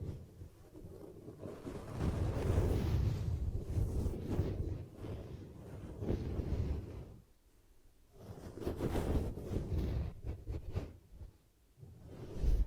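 Ear cupping sounds: hands press and shift over the microphone, making a deep, muffled rumble like wind in the ears. The whooshing swells and fades in waves, dropping nearly silent around seven seconds and again near eleven, with brief crackly rubs in between.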